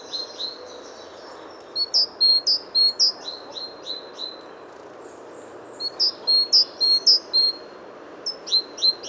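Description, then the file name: Great tit repeating crisp, high descending two-note phrases in several bursts separated by short pauses, with continuous background hiss. "Parus major"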